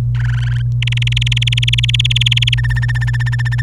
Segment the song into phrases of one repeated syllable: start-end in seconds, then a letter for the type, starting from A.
0.15-0.62 A, 0.82-2.54 B, 2.58-3.61 C